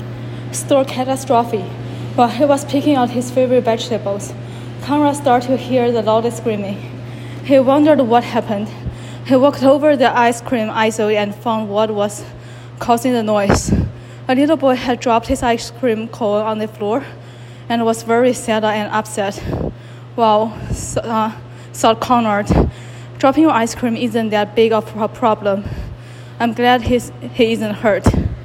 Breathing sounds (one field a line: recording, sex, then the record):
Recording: reading aloud after running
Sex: female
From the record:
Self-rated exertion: vigorous exertion (4 of 6)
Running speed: 10 miles an hour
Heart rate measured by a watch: 131 beats a minute at the start, 126 at the end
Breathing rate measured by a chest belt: 32 breaths a minute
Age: 28 years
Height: 155 cm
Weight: 44 kg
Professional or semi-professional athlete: no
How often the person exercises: 3 to 5 times a week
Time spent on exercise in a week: over 5 hours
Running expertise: yes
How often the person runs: 3 to 5 times a week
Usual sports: running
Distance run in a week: 45 km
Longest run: 32 km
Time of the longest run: 200 minutes